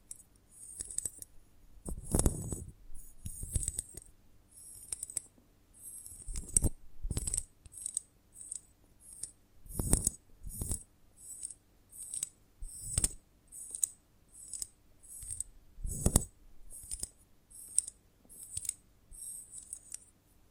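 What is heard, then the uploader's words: Handling of a honeycomb on a branch makes crisp, bright crackles and ticks that come in clustered bursts every second or so across the whole clip. Some bursts carry a soft low thump, notably near 2, 7, 10, 13 and 16 seconds. ASMR of a Honeycomb on Branch (No Talking).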